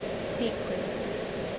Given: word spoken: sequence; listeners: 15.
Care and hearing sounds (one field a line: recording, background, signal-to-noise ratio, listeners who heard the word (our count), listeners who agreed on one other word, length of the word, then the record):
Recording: one English word in noise, from a listening test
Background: speech-shaped noise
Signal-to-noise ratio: -5.2 dB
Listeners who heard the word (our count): 2 of 15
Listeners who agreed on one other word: 9 of 15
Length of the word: 1.19 s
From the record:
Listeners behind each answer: 9, 2, 2, 2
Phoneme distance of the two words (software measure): 30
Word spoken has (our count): 2 syllables, 7 phonemes, stress on syllable 1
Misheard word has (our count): 2 syllables, 7 phonemes, stress on syllable 1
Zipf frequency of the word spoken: 4.08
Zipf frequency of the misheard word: 4.23